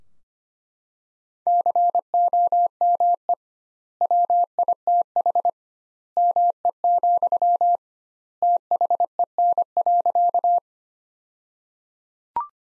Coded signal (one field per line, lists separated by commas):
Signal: Morse code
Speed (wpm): 25 wpm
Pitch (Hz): 700 Hz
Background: none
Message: COME WITH ME, THEN.